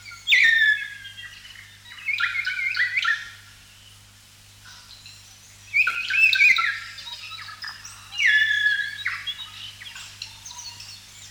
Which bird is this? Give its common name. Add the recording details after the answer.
Kākā. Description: Kākā: South Island kākā song. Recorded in New Zealand